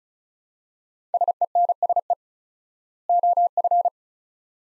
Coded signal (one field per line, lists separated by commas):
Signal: Morse code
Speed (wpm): 36 wpm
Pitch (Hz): 700 Hz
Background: none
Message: SENSE OF